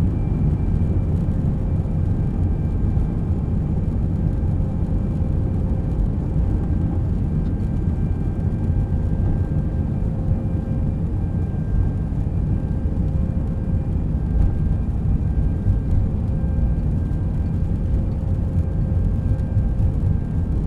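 A low, steady humming of airplane engines fills the recording, dense and unbroken for the whole stretch. The rumble sits deep, with a few faint steady tones riding above it and no clear changes in loudness or pitch.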